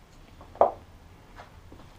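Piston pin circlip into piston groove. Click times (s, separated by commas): 0.6 s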